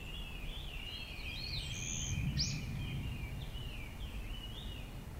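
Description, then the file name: Japanese bush warbler giving a wavering series of repeated whistled notes over a steady low rumble, with a couple of brief high chirps. Recorded on 10 April 2016. "uguisu 2016 4 10"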